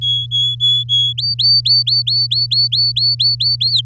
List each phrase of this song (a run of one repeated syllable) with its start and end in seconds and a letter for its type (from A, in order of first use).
0.01-1.13 A, 1.18-3.81 B